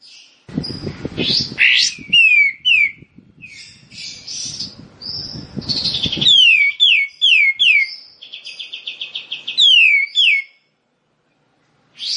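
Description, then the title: Bar-winged prinia song: series of loud descending whistled notes and short trills, with some rough, noisy passages early on. Rice-field (sawah) song variety. "Ciblek Sawah 1"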